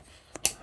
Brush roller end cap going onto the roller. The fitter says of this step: You may have to turn it once in a while till it clicks.